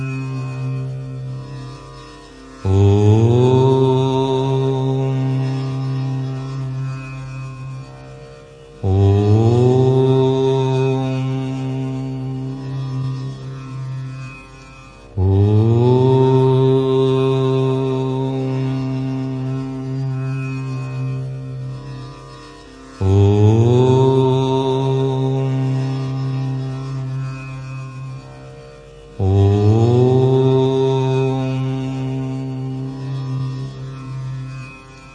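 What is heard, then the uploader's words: A voice chants "Om" in long, low, sustained tones, five of them, each about six seconds long and starting near 3, 9, 15, 23 and 29 seconds. Every chant opens with a rising swell, holds steady with a rich buzzing hum, then slowly fades before the next breath. The sound of 'Om' is noted to be a C#. Om Chanting.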